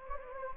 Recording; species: mosquito wingbeat signal from an infrared sensor; Anopheles gambiae